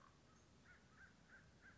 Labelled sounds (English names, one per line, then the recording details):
American Crow
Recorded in Sonoma County, California